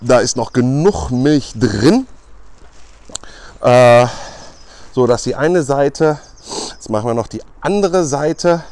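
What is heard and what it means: A tubeless bicycle tire with sealant is being handled so that its rubber bead can go into the bead seat on the rim. Someone talks throughout, and there are two brief sharp ticks near 3.2 s. Nothing has seated or clicked yet; the bead is not yet home on the rim.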